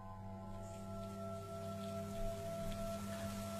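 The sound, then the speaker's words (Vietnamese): Steady, heavy rain with strong wind pours without a break over a garden late at night, a dense wash of hiss holding at an even loudness, with a low droning hum running underneath and no voices. “Sau đó thậm thụt lần mò từ ngoài vườn vào giữa trời mưa to gió lớn trong đêm khuya.”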